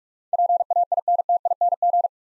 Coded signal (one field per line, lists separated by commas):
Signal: Morse code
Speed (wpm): 47 wpm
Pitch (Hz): 700 Hz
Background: none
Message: PAINTING